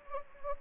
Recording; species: mosquito wingbeat signal from an infrared sensor; Anopheles gambiae